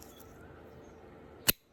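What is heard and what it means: A crimped terminal pin is pushed straight into an Anderson-style power connector housing until its tab hooks behind the internal stainless spring. After a low, steady background, a single sharp click sounds at 1.5 s, and the pin is seated. No one talks.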